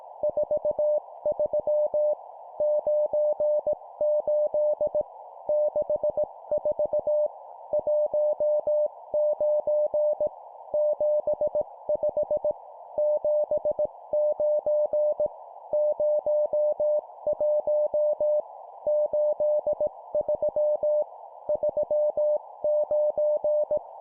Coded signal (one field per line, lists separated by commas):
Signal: Morse code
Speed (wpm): 18 wpm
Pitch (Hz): 600 Hz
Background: none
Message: 43 98 64 19 75 79 01 83 39